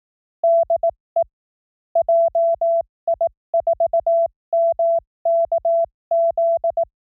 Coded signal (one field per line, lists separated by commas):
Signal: Morse code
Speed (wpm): 18 wpm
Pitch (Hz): 670 Hz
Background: none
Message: DE JI4MKZ